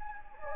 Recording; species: mosquito wingbeat signal from an infrared sensor; Anopheles gambiae